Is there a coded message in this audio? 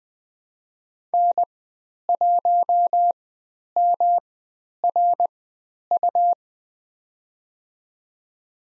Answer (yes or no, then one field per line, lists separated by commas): yes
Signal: Morse code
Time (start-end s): 1.1-6.3 s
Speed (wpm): 20 wpm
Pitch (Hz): 700 Hz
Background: none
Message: N1MRU